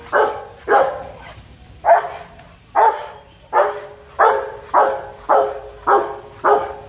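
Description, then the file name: Dog giving a run of hoarse, forceful barks, nearly two per second, with a short gap early on. Dog barking fiercely. "Tieng cho sua hung du"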